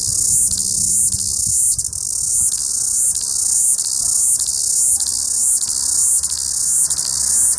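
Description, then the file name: Chorus cicada song, a continuous hissing high buzz pulsing about every half second. "Chorus Cicada singing"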